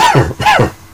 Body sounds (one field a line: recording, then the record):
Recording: coughing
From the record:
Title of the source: Dry Coughing Fit in the Afternoon.